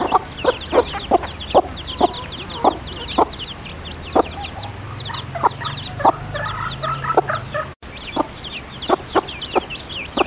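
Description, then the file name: Red junglefowl hen giving short, low clucks repeated steadily, with high thin peeping from chicks throughout and a low hum midway. Wild hen calling her chicks. "Tieng ga mai rung goi con"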